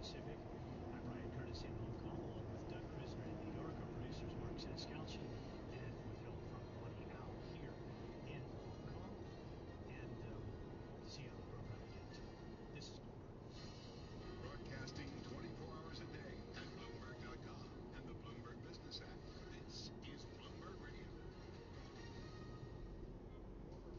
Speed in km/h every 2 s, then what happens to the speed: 55, 55, 55, 55, 56, 56, 56, 55, 54, 51, 49, 46.
0-12 steady at about 55. 12-24 slows to 46.